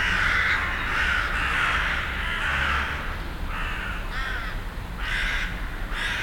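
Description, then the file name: Ravens giving harsh, hoarse caws roughly once a second, with a low rumble beneath. Recorded on 25 December 2012 in Hütteldorf. "raben huetteldorf"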